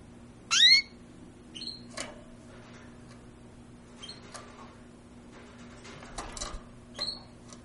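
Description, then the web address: Bird chirp, one loud sweeping note, then scattered fainter chirps and clicks over a steady hum. "sounds aves"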